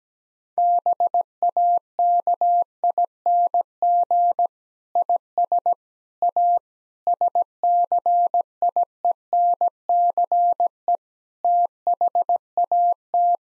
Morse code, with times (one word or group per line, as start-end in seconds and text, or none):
0.6-4.5 BAKING
5.0-5.7 IS
6.2-6.6 A
7.1-11.0 SCIENCE
11.4-13.4 THAT